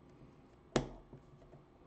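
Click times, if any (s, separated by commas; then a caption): 0.8 s. A 3D-printed part is pressed into the X carriage of a 3D printer during a carriage rebuild and snaps into place with one sharp click at 0.8 s. A faint softer tick follows around 1.1 s against a quiet background, and the part is confirmed seated.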